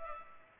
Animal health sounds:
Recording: mosquito wingbeat signal from an infrared sensor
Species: Culex pipiens

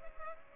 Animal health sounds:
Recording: mosquito wingbeat signal from an infrared sensor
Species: Culex pipiens

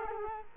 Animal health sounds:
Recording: mosquito wingbeat signal from an infrared sensor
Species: Culex quinquefasciatus

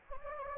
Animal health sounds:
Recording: mosquito wingbeat signal from an infrared sensor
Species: Anopheles gambiae

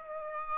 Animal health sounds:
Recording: mosquito wingbeat signal from an infrared sensor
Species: Aedes aegypti

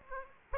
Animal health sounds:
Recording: mosquito wingbeat signal from an infrared sensor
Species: Aedes aegypti

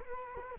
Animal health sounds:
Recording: mosquito wingbeat signal from an infrared sensor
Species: Culex quinquefasciatus

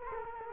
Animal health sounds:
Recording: mosquito wingbeat signal from an infrared sensor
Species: Culex quinquefasciatus

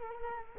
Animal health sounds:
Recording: mosquito wingbeat signal from an infrared sensor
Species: Culex quinquefasciatus

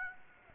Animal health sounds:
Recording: mosquito wingbeat signal from an infrared sensor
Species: Aedes aegypti

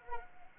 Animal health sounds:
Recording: mosquito wingbeat signal from an infrared sensor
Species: Anopheles arabiensis

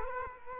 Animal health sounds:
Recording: mosquito wingbeat signal from an infrared sensor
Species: Culex quinquefasciatus

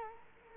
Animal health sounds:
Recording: mosquito wingbeat signal from an infrared sensor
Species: Culex quinquefasciatus

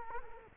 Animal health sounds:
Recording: mosquito wingbeat signal from an infrared sensor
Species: Culex quinquefasciatus

